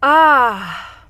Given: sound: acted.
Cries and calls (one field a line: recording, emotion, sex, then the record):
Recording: nonverbal affect burst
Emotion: pleasure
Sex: female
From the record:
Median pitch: 242 Hz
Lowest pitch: 159 Hz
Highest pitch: 322 Hz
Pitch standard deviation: 54 Hz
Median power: 68.9 dB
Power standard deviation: 13.8 dB